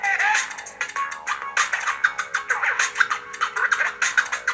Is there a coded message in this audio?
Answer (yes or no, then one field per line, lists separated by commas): no